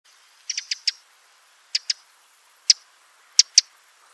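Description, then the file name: Eurasian wren giving hard, dry ticking calls in quick clusters of one to four, with short pauses between bursts. "Troglodytes troglodytes"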